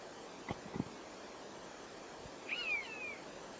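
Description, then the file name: Common buzzard giving a single drawn-out, descending mewing whistle late, after a few soft clicks and knocks early on. South Tyne, 16 July 2003. "cbuzz south tyne"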